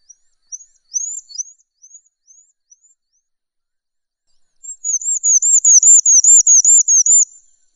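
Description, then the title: Bird song: very high, thin chirps scattered at first, then a fast run of looping, rolling notes repeated evenly for several seconds. "SuaraBurung Kicau"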